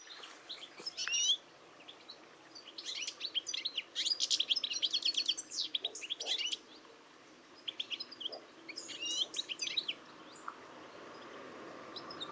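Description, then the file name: European goldfinch calls: busy, tinkling twitters and liquid chirps in several bursts, some quick and dense, over a steady hiss. "Carduelis carduelis"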